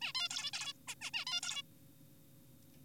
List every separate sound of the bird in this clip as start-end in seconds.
0.02-0.12, 0.15-0.28, 0.30-0.51, 0.53-0.73, 0.88-0.95, 1.01-1.10, 1.14-1.25, 1.27-1.41, 1.43-1.62